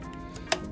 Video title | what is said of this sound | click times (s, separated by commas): How to assemble an Oreck Discover Vacuum Cleaner the Correct Way with Tips from an Expert | down until it clicks, and | 0.5 s